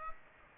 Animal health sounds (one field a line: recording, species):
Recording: mosquito wingbeat signal from an infrared sensor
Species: Aedes aegypti